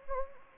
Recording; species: mosquito wingbeat signal from an infrared sensor; Anopheles gambiae